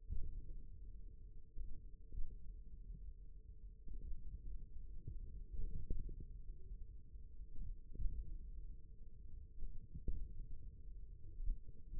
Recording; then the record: forearm muscle sounds (acoustic myography)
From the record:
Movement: hand opening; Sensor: system 1, eight BSWA MPA416 microphones around the upper forearm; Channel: 2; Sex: male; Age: 54 years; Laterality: right